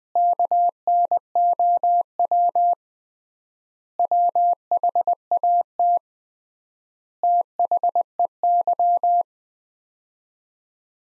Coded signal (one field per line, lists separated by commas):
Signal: Morse code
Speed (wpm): 20 wpm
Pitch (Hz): 700 Hz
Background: none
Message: KNOW WHAT THEY